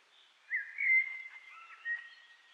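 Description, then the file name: Common blackbird giving a short, fluted, warbling phrase around mid pitch, with a brief swelling note and a softer trailing whistle near the end. "Turdus merula"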